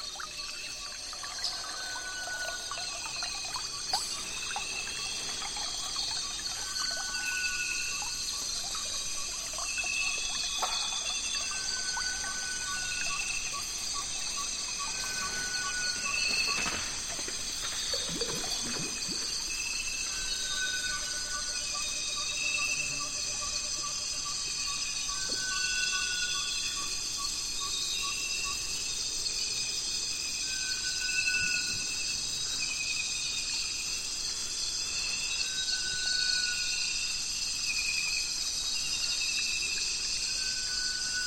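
A dense, unbroken shrill of insects hums high and steady through the whole recording. Over it, short clear whistled notes repeat every three seconds or so, and a rapid ticking call runs in a line around the twenty-second mark.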